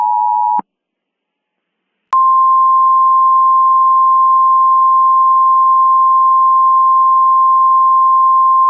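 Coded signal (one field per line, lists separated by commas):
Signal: Emergency Alert System (SAME) tones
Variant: 853 and 960 Hz attention tone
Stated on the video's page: Fictional mock EAS scenario using Microsoft Sam text-to-speech voice.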